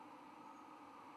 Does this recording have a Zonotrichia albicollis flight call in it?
no